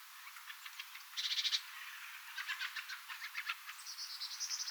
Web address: paivat 3 10 2024 kolme parvea yhdessa rastasparvi tiaisparvi ja keltasirkkuparvi aantelya